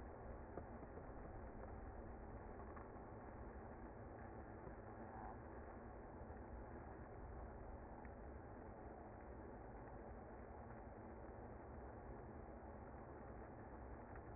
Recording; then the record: honeybee colony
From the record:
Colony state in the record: active